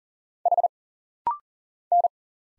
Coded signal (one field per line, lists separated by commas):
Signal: Morse code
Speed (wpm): 40 wpm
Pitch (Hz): 700 Hz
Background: none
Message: H N